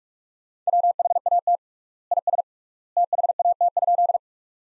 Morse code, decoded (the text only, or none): WHAT IS THAT?